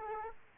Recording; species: mosquito wingbeat signal from an infrared sensor; Aedes aegypti